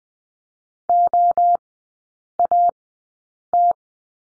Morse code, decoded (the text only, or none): OAT